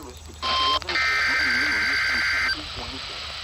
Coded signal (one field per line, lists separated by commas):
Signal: Emergency Alert System (SAME) tones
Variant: header bursts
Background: speech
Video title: Indianapolis Madness | EAS #619-621